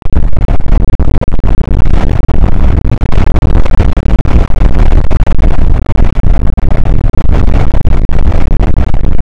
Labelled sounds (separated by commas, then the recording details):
wind
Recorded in the Prudhoe Bay oil fields, Alaska, on 8 May 2019 at 00:02
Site 24